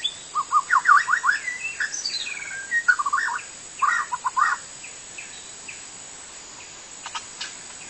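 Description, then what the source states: White-rumped shama song: fast run of varied whistled notes and warbles in the first half, then fading into scattered faint chirps. Wild bird in forest.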